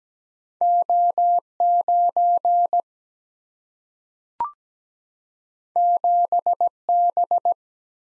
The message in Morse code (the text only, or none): O 9 7 B